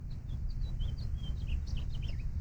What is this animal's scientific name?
Haemorhous mexicanus